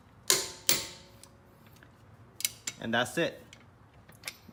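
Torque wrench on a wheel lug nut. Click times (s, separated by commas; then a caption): 0.3 s, 0.7 s. A click-type torque wrench tightens a steel lug nut on a car wheel to 128 lb-ft and signals the setting with two sharp, matching clicks at 0.3 s and 0.7 s. Softer ticks and knocks follow while someone talks briefly.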